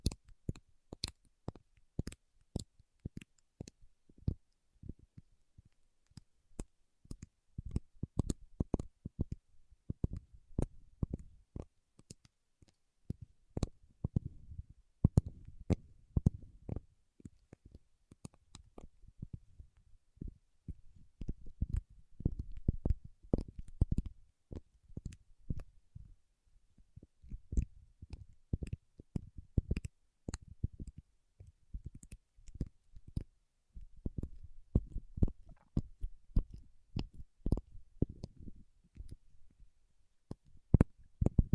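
Paraffin wax being tapped, scratched and peeled, heard as a dense run of sharp clicks and taps throughout. Bursts of faster crackling scratches come around 12–17 seconds and again near 22–26 and 30–38 seconds, with short quiet gaps between clusters.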